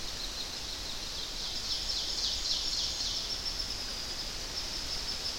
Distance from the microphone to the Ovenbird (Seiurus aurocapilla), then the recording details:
about 65 m. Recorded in boreal forest in Alberta, Canada, on 10 June 2016 at 08:57. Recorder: SongMeter 3, array SBT-3-39. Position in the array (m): 212 m, 176 m. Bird 17